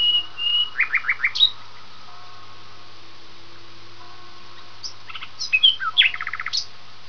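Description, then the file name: Common nightingale song in short bursts: drawn-out whistles and a quick trill, several seconds of near silence with faint steady tones, then chirps and another rapid series. "usignolo"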